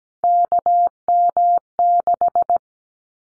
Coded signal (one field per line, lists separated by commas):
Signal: Morse code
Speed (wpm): 17 wpm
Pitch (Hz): 700 Hz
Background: none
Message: KM6